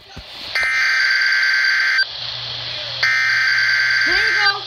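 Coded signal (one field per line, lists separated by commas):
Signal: Emergency Alert System (SAME) tones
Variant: header bursts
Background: speech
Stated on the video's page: Required Weekly Test tones on weather radio stations KIH63 and KHB32.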